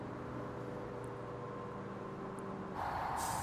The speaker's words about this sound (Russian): Автобус останавливается.